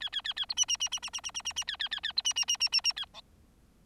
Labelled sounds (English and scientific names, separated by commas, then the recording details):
Bengalese Finch (Lonchura striata domestica) song
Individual Bird4